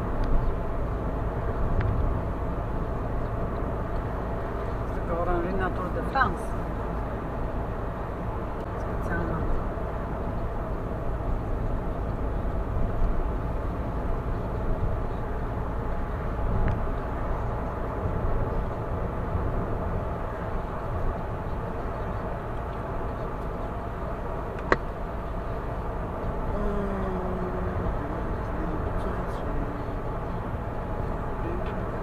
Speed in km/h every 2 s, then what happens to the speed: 78, 78, 78, 77, 77, 77, 79, 79, 80, 82, 81, 80, 79, 79, 79, 81.
0-32 steady at about 79.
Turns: none.